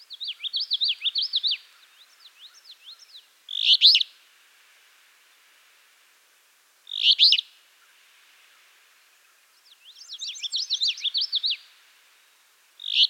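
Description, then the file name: Alder flycatcher giving short, harsh, burry two-part phrases several seconds apart, with rapid zigzagging twittery trills between them. "Empidonax alnorum - Alder Flycatcher"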